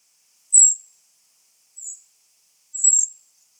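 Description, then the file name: Eurasian wren calling with three brief high-pitched ticks, the middle one softer, spaced about a second apart against a silent background. "Troglodytes troglodytes"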